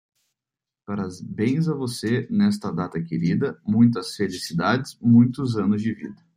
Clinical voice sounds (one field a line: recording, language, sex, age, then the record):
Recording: short text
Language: Brazilian Portuguese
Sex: male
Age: 20 to 29 years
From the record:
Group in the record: control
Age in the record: 24 years